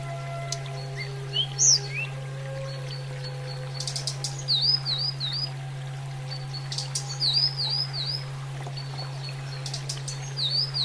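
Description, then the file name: Sunda robin song: repeated rippling whistled phrases roughly every three seconds, each preceded by clicks, with a few rising thin notes early on and a steady low hum. Used for training cage birds, Indonesia. "terapi burung tledekan"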